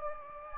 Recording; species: mosquito wingbeat signal from an infrared sensor; Anopheles gambiae